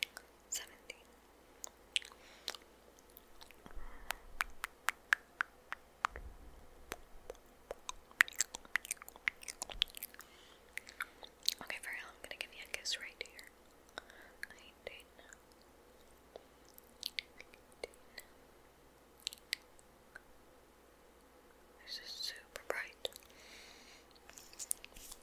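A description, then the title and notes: Layers of lip gloss being applied, with sticky, wet smacks and sharp little clicks scattered through the whole stretch, some in quick clusters. A denser crackly patch of lip sounds comes near the end, over a low, quiet hum. ASMR 25 Layers Of Lipgloss (Kisses, Counting, Tracing, Mouth Sounds).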